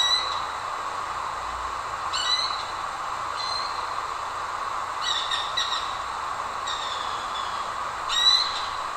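Eared quetzal repeating short squealing, harmonic notes with thin whistles every one to three seconds against a constant droning hum.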